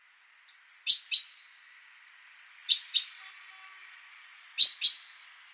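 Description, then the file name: Great tit calls: three groups of high thin notes with a ringing lower note, each group about two seconds apart. "Parus major"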